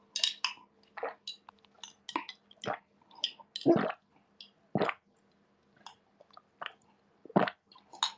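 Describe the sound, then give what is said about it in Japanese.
Someone gulps down a drink in a run of wet, throaty swallows at an uneven pace, with small clicks and squishy mouth sounds between them and no talking. “ああ、これも聞こえんのかな、ごくごく。”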